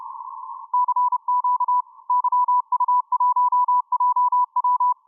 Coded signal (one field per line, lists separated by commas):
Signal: Morse code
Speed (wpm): 30 wpm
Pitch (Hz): 990 Hz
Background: none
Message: CQ YU1JW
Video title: Decoding some Morse code on 10 metre band (15-02-2023)